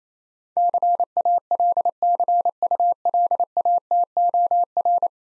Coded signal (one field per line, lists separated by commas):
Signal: Morse code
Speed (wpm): 29 wpm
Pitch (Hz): 700 Hz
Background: none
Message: CALCULATOR